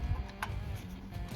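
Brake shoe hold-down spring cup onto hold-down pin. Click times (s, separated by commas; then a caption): 0.4 s. A metal hold-down spring cup is pushed over the hold-down pin on a drum brake shoe and twisted 90 degrees into the pin's groove. A single sharp click is heard at 0.4 s over a low background hum. The cup is locked in place.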